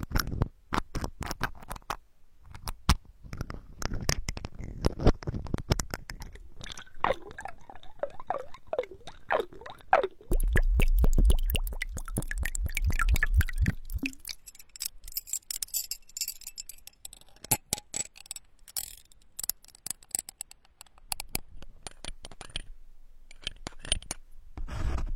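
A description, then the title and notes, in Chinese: Dry clicks, taps and rustles of handled objects come in bursts, with a dense fizzing stretch of bubbles around ten to fourteen seconds. 翻书、鼠标、空杯、水瓶、木板、气泡水。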